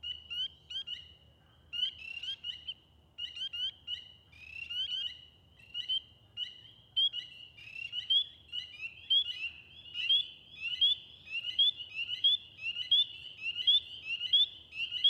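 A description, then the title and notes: A chorus of spring peepers calls nonstop, their shrill rising peeps overlapping in quick, regular bursts that grow denser and louder in the second half. A faint low rumble hums steadily underneath throughout. Recorded in West Kingstown, Rhode Island on Liberty Road near the Great Swamp. Peepers and all the other critters came out. Peepers, Woodcocks & Trains.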